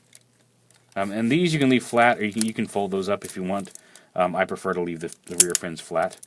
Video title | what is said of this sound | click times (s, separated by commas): Transformers G1 - Powermaster DARKWING | and then um and then you flip up this middle tail fin all the way up until it locks into place | 0.1 s